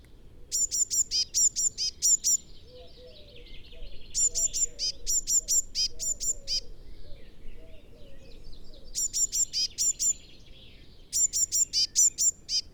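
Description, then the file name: Eurasian blue tit giving several bursts of sharp, high ticking notes with pauses between, and soft lower warbling notes in the background. "Cyanistes caeruleus"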